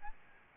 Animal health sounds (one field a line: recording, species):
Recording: mosquito wingbeat signal from an infrared sensor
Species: Aedes albopictus